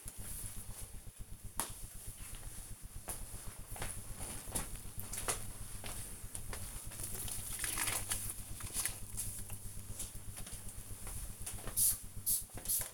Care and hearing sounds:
household activities, microphone on the right wrist
7.62-12.94 s: cleaning table

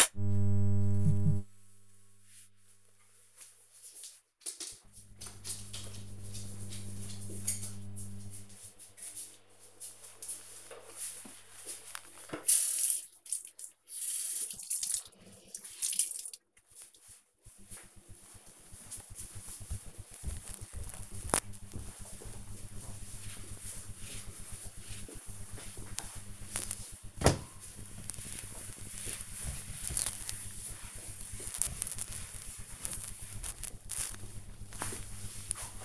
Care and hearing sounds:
household activities, microphone on the right wrist
9.10-35.85 s: cleaning table

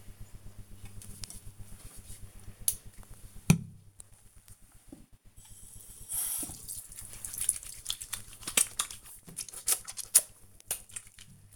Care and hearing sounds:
household activities, microphone on the right wrist
0.91-11.56 s: washing hands

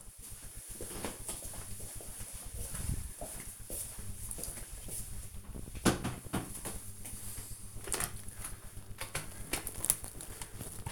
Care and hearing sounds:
household activities, microphone on the right wrist
8.41-10.92 s: making tea

